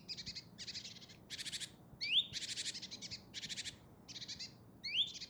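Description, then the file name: Great tit scolding: a steady run of short, rasping, pulsed buzzes, twice introduced by a sharp upward-sliding whistle. "Parus major"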